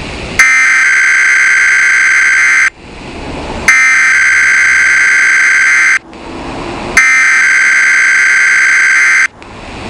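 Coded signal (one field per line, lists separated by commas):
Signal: Emergency Alert System (SAME) tones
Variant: header bursts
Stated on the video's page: Weather radio EAS tones for required weekly and monthly tests.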